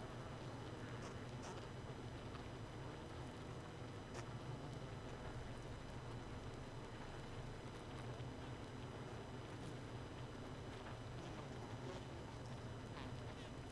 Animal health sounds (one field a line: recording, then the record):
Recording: honeybee colony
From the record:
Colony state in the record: missing queen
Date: 31 May 2018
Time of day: 0:50